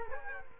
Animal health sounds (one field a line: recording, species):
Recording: mosquito wingbeat signal from an infrared sensor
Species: Culex quinquefasciatus